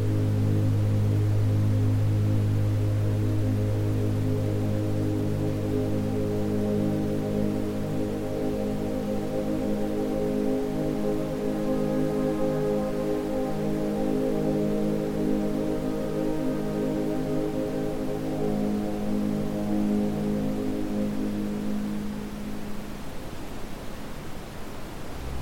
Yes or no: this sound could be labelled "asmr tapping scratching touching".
no